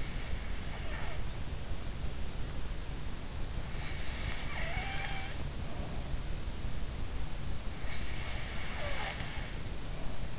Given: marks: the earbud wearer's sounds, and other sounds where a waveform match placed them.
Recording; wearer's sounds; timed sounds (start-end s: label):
sounds in sleep by an in-ear microphone; snoring breath
0.00-2.02 s: snoring breath
3.76-6.26 s: snoring breath
7.83-10.39 s: snoring breath